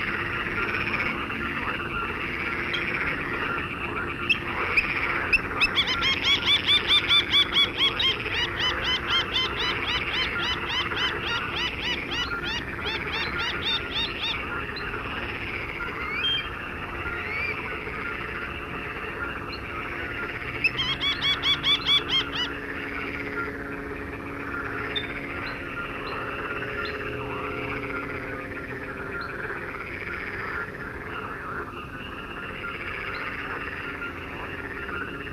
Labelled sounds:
Little Grebe (Tachybaptus ruficollis) call
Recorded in the wild
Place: Wieseck, DE
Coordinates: 50.6328, 8.72694
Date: 1965-06-21
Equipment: Uher Report 4000, AKG D190
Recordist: Krey, Winfried

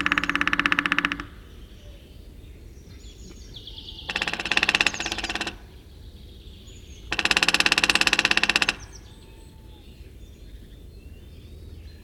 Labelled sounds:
Lesser Spotted Woodpecker (Dendrocopos minor) drumming
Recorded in the wild
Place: Ralow, Insel Rügen, Mecklenburg-Vorpommern, DE
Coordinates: 54.403, 13.328
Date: 1974-04-13
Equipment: Nagra III BH, Sennheiser MD 21, parabola
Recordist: Schubert, Michael

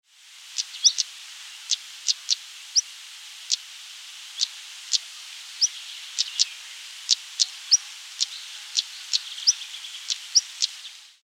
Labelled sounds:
European Stonechat (Saxicola rubicola)
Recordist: Tembrock, Günter
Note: Rufe

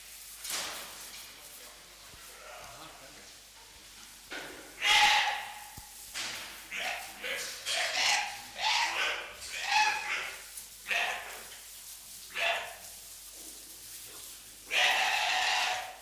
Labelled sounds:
White-lipped Peccary (Tayassu pecari) call
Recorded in captivity
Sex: group
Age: diverse
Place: Zoo Berlin, Berlin, DE
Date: 1998-12-22 15:48
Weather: overcast, 0°C
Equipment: Sony MD-WM MZ-R3, Sennheiser MKH 416 T, Kopie Uher 4000 Report Monitor
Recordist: Tembrock, Günter

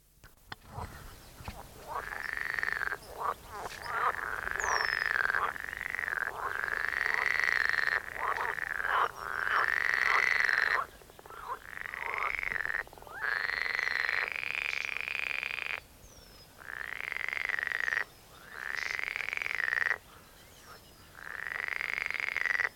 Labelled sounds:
Eurasian Penduline Tit (Remiz pendulinus) call
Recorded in the wild
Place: Karower Teiche, Naturpark Barnim, Berlin, DE
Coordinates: 52.623, 13.46
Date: 1992-06-14 10:12
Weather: sonnig (heiter), 19-22°C
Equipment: Nagra SN, Mikrofon AKG CK 8, Kopie Tesla B 116
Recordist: Tembrock, Günter

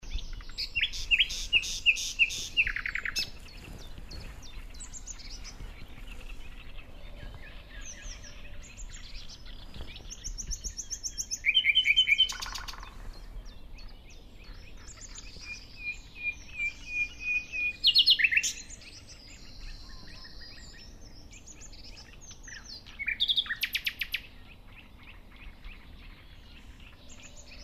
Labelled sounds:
Common Nightingale (Luscinia megarhynchos) song
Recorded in the wild
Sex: male
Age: adult
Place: Teerofenbrücke, Nationalpark Unteres Odertal, Brandenburg, DE
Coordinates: 53.1328, 14.3497
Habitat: decidous forest
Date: 2013-05-04
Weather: sunny, windless, 5°C
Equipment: Sound Devices 702, Sennheiser MKH 70, Rycote Windschutz
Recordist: Frommolt, Karl-Heinz

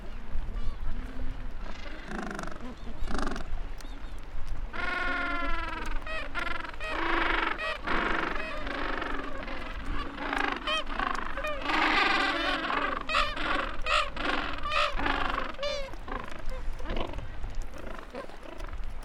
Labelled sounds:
Gentoo Penguin (Pygoscelis papua) call
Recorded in the wild
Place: Mikkelsen Harbour (Borget Point), Antarctica, AQ
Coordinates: -63.53, -60.44
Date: 2018-12-30
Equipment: Olympus LS-100, Sennheiser ME66
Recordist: Beaulieu, Michaël

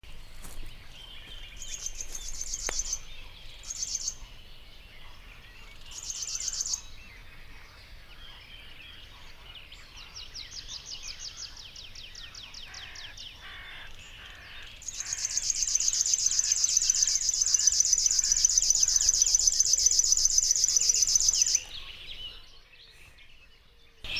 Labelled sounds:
River Warbler (Locustella fluviatilis) song
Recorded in the wild
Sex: male
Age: adult
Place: Hobrechtsfelder Rieselfelder, Naturpark Barnim, Brandenburg, DE
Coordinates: 52.6669, 13.47
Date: 2008-05-12
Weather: clear, ca. 10°C, no wind
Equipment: Sound Devices 702, Sennheiser MKH 70, Windkorb
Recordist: Frommolt, Karl-Heinz
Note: Unmittelbar westlich des großen Reinigungsteichs: Gesang eines Schlagschwirls. Tier nicht gesehen. Entfernung ca

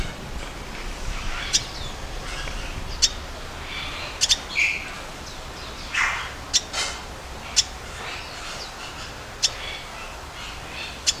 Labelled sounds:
Red Siskin (Carduelis cucullata) call
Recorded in captivity
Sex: male
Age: adult
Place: Zoo Berlin, Berlin, DE
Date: 2001-11-15 14:11
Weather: partly cloudy, 2 - 4°C
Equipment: Marantz CP 130, Sennheiser MKH 416, Kopie Uher 4000 Report Monitor
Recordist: Tembrock, Günter
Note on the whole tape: Männchen: helle Kurzlaute (oft zweisilbig)

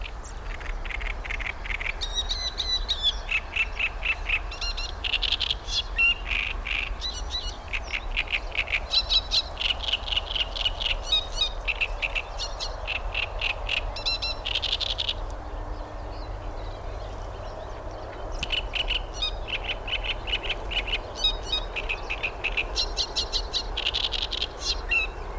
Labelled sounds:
Great Reed Warbler (Acrocephalus arundinaceus)
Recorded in the wild
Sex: male
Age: adult
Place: Karower Teiche, Naturpark Barnim, Berlin, DE
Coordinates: 52.62, 13.46
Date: 1995-06-05 11:52
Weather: sonnig, 18°C
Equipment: Sony WM-D6C, Sennheiser ME 80, Kopie Uher 4000 Report Monitor
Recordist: Tembrock, Günter

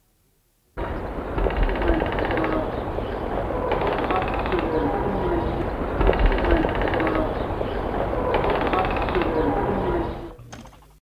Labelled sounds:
Maguari Stork (Ciconia maguari) call
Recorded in captivity
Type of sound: call
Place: Zoo Wuppertal, Nordrhein-Westfalen, DE
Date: 1980-12-13
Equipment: Halbspur, 9,5 cm/s
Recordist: Lütgens, Hans
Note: Vor der Fütterung

